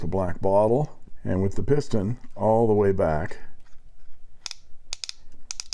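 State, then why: Torque reached. Someone talks, then the piston knob of a Delta Dolce Vita 2.0 piston-filler fountain pen is turned all the way down. At the end of travel its built-in slip clutch ratchets with sharp clicks at 4.5, 4.9, 5.0, 5.5, 5.6 and 5.7 seconds, so the mechanism cannot be overtightened. The ratcheting is a feature of the piston and shows the pen is working, not broken.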